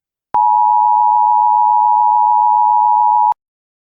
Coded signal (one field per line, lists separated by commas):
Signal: Emergency Alert System (SAME) tones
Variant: 853 and 960 Hz attention tone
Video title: EAS Scenario: Hallows Terror 2 [FULL VERSION] [ANALOG HORROR]